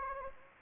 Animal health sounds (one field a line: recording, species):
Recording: mosquito wingbeat signal from an infrared sensor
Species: Anopheles gambiae